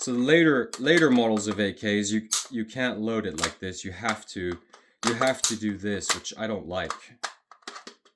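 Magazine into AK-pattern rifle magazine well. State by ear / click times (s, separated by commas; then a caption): not seated / none. Someone talks while handling a magazine for an AK-pattern rifle's magazine well; on later models it has to be inserted a particular way. A few short, sharp handling sounds come near the end, around 7.7, 7.9 and 8.2 seconds. Nothing has seated or clicked into place yet.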